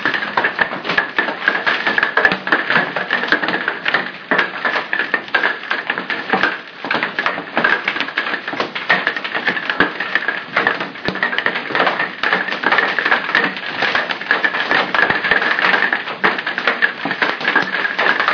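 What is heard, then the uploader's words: Hail pelts down without pause, a dense clatter of countless small hard hits. The rattle stays thick and even for the whole stretch, bright and crackling, with only slight swells and dips in loudness and no deep sounds beneath. Hail in OKC.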